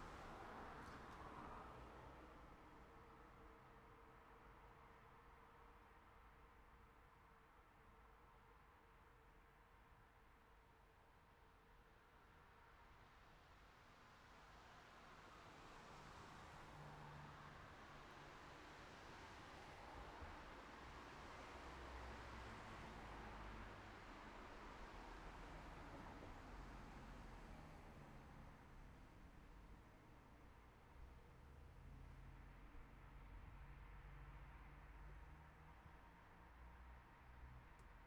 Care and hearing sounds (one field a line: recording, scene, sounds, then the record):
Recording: everyday scene through a hearing-aid microphone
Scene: in traffic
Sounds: traffic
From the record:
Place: city secondary road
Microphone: behind the ear, right, front